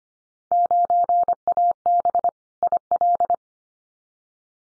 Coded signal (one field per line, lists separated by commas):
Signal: Morse code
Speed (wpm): 25 wpm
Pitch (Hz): 700 Hz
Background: none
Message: 9AB IL